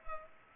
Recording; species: mosquito wingbeat signal from an infrared sensor; Culex pipiens